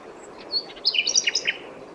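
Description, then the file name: Common nightingale song fragment: a short sequence of sharp, varied high chirps. "Luscinia megarhynchos"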